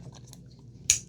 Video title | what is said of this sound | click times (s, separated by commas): Roborock Saros 10 – How to Clean & Maintain Your Robot Vacuum | There, clicks into place. | 0.9 s